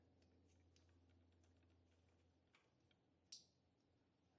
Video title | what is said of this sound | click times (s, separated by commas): Saab 9-3 Fuel Level Sender Replacement | heard a good click that's satisfying | 3.3 s